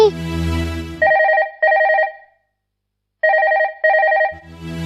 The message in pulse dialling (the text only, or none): none